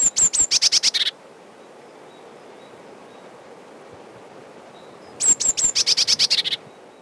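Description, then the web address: Eurasian blue tit singing two bursts, each of a few high, thin whistles running into a fast, buzzy, descending trill, with a pause of about four seconds between them. Recorded in spring. "vremena vesna sinica lazorevka"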